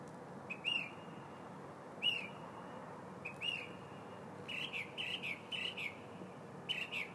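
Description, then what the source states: Bird giving sharp, slurred chirps, single notes at first, then a quicker string of several and one more, above a faint constant hum. Recorded in the morning, February 2015.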